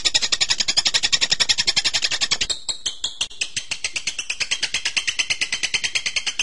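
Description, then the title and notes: Bird pouring out fast chattering pulses, then shifting to lower repeated notes. Birdsong used to train birds. "MASTERAN BURUNG. suarane manok"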